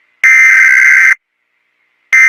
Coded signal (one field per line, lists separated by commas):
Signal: Emergency Alert System (SAME) tones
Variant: header bursts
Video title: EAS Scenario: SCP 096